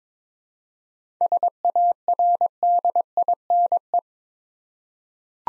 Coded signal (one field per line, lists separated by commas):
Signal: Morse code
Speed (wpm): 22 wpm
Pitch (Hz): 700 Hz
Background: none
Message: SARDINE